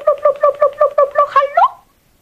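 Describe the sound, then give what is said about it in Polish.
A voice imitates a sparrow's chirping: about nine quick, evenly spaced bright notes in a steady rhythm, ending on a higher rising chirp, with no other talk. “No to wróbel zaterlikał.”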